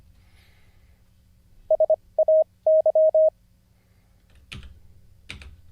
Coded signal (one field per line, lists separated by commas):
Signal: Morse code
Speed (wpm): 25 wpm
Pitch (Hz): 630 Hz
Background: none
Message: SAY